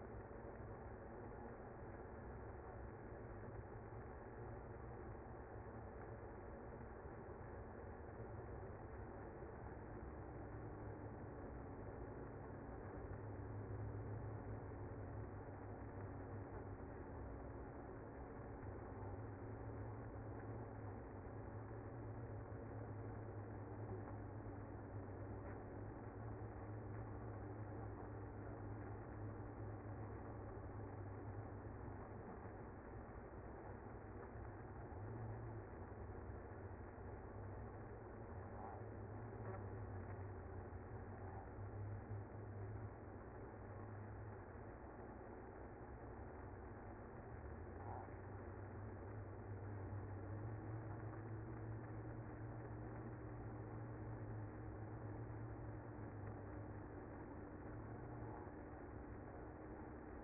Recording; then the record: honeybee colony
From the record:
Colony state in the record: active